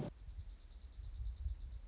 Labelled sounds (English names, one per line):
Dark-eyed Junco